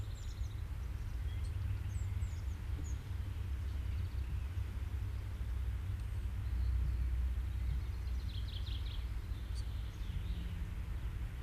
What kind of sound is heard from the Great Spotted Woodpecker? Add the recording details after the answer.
drumming. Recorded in the wild. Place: Garmisch-Partenkirchen (Gschwandnerbauer), Bayern, DE. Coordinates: 47.4944, 11.1631. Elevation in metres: 1023. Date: 1969-04-12. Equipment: Uher 4000 Report. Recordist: Tretzel, Erwin